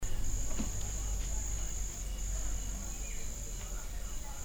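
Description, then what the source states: Cricket calling with an unbroken high-pitched trill held almost throughout, above a constant low background rumble. Recorded at Adiaké, Côte d'Ivoire, as ambience during the filming of Bal poussière.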